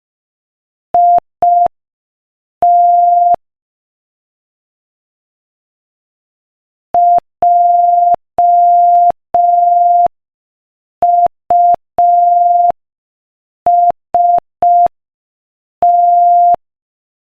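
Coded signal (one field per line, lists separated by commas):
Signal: Morse code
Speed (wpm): 5 wpm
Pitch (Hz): 700 Hz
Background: none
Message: IT JUST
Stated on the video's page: Morse practice at 5 wpm, sending a joke.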